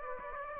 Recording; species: mosquito wingbeat signal from an infrared sensor; Aedes aegypti